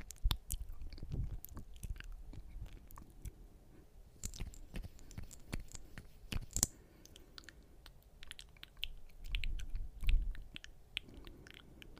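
Mouth sounds and light tapping fill the recording, with frequent short, sharp clicks and taps scattered irregularly throughout. Wet, chewing-like smacks come in clusters, especially around the first second and again near ten seconds, over a soft low rumble.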